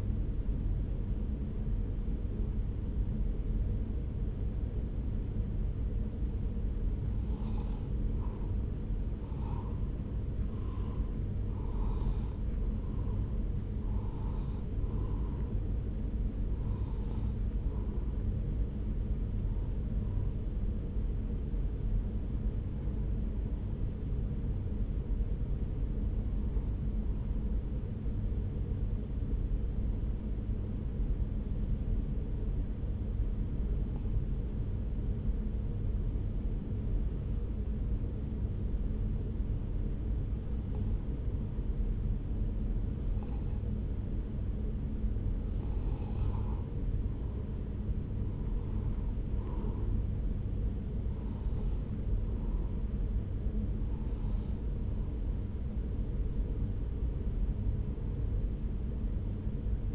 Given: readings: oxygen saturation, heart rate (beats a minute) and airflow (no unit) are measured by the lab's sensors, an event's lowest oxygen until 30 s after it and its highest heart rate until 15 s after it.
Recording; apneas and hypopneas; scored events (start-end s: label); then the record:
breathing in sleep by a smartphone at the bedside; 1
27.00-46.50 s: hypopnea (N1, oxygen 96% highest, then 93% lowest)
57.00-59.95 s: new sleep stage, N2 (light sleep)
From the record:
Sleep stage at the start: N1 (lightest sleep); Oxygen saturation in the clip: 91 to 96%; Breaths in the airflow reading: 20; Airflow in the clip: -3.8 to 3.3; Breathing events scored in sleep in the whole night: 335 in 6.7 hours asleep